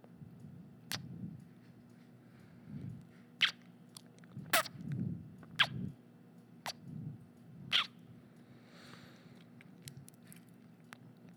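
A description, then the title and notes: Mouth sounds: wet smacks and chewing, with sharp bright clicks and pops near 1, 3.5, 4.5, 5.7 and 7.7 seconds. Low, soft chomping murmurs swell and fade between them, and a faint steady hum runs underneath throughout. All the mouth sounds! From kisses to smacking to actual eating.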